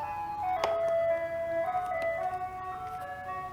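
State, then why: Seated. On a Yamaha YZ 250FX dirt bike, the rubber hold-down strap on the gas tank is stretched and hooked onto its tab on the frame, replacing an old strap that had stretched out and would no longer clip. It snaps into place with one sharp hit at 0.6 s while an ice cream truck plays music outside. The strap is seated and the gas tank is installed.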